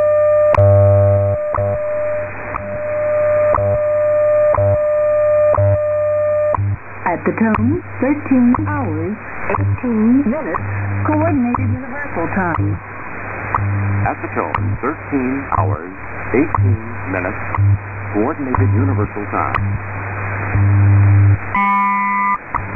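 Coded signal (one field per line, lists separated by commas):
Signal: radio time signal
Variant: WWV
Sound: steady 600 Hz tone with a tick each second, then a spoken announcement, then tone again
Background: radio static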